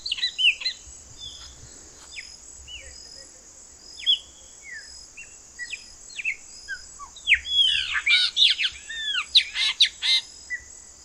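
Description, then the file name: Chopi blackbird singing scattered whistles and chuck notes, building into a fast, dense jumble of sharp slurred phrases near the end, with a constant high hiss behind. "grauna"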